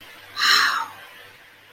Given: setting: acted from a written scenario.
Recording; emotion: vocal sound without words; awe